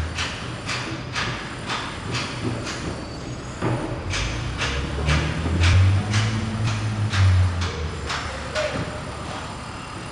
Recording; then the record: background sound without coughing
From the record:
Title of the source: 30 MINUTES Construction Site Ambience (CC BY 4.0)